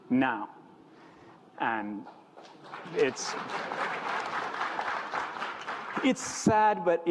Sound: applaud